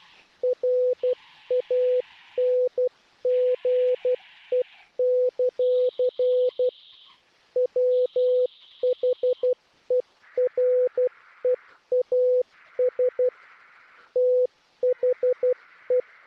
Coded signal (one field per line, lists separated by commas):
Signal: Morse code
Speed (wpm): 12 wpm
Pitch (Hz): 500 Hz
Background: none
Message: RANGE; WHEREAS THE